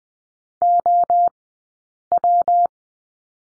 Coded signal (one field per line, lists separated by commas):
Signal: Morse code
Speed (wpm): 20 wpm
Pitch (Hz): 700 Hz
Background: none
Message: OW